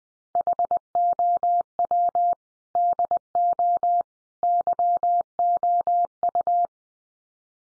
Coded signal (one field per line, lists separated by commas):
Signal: Morse code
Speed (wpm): 20 wpm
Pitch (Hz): 700 Hz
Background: none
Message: HOW DO YOU